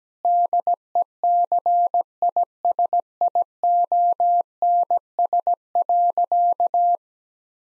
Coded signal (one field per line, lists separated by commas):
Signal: Morse code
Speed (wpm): 17 wpm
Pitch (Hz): 700 Hz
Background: none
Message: DECISIONS.